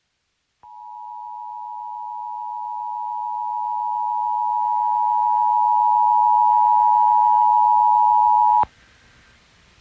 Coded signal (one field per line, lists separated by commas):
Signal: Emergency Alert System (SAME) tones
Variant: 853 and 960 Hz attention tone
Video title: Fred and the Buncha Floods | EAS Alerts from 8/17/21 (EAS #651-678)